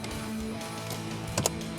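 An aftermarket Alpine single-DIN head unit is pushed into its mounting cage in the dash of a Porsche 996 Boxster S with a factory amplifier. Over steady background music, two sharp clicks sound at 1.4 s and 1.5 s as the unit locks into place. The head unit is seated.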